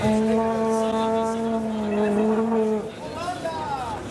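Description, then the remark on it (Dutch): A fan in Qatar blows a blue-and-white plastic football horn in the colours of the Argentine flag, in one loud, steady, buzzing blast lasting about three seconds, followed by shorter wavering tones over a noisy crowd background. “Iemand blaast op een blauw-witte toeter in de kleuren van de vlag van Argentinië.”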